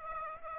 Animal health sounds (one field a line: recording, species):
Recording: mosquito wingbeat signal from an infrared sensor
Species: Aedes aegypti